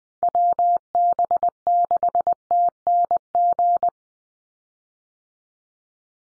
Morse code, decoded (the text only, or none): WB6TNG